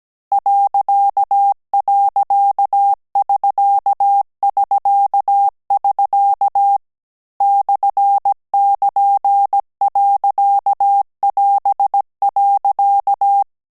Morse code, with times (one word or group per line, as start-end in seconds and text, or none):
0.3-6.8 ..<SK><SK><SK>
7.4-13.4 /<KN>.<AS>.